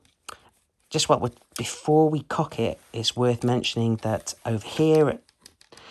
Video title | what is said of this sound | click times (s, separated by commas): Overview of Umerex HDX 68 Pump-Action Shotgun & HDR Range - it’s a beast! | and it clicks into place and it's ready to go | 0.3 s